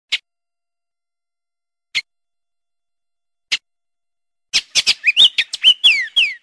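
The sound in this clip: Oriole calling: three sharp isolated clicks spaced apart, then a rapid burst of chattering notes mixed with short whistled slurs that rise and fall.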